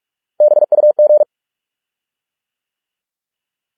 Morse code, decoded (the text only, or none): BUG